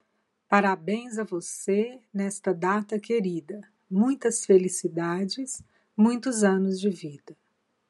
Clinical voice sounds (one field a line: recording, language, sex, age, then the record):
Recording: short text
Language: Brazilian Portuguese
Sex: female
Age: 50 to 59 years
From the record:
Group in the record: control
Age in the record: 56 years